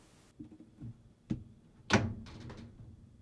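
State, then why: Seated. The plastic retainer of a new Fisher & Paykel washing machine suspension rod (part #424495P) is lined up with the mounting point on the outer tub, and the rod is lifted until the retainer snaps into place. A few soft knocks and a thud come first, then a sharp snap at 1.9 s followed by a brief rattle and a faint tick around 2.5 s. The retainer is seated in the tub mount.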